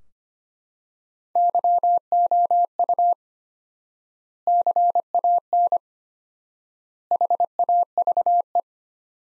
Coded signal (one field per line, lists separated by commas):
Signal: Morse code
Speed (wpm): 25 wpm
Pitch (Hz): 700 Hz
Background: none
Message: YOU CAN HAVE